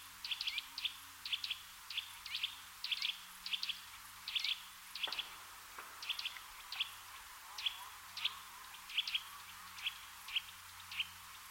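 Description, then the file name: Eurasian nuthatch giving many sharp, high calls in a steady series. "Sitta europaea"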